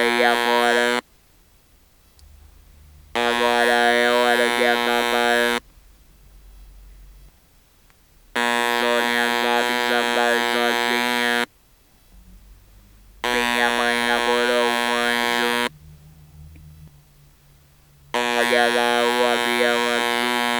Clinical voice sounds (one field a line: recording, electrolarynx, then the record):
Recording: speech with an electrolarynx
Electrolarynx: conventional device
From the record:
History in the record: total laryngectomy